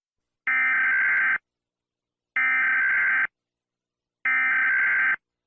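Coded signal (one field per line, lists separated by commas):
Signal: Emergency Alert System (SAME) tones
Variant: header bursts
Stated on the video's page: A short fictional EAS scenario.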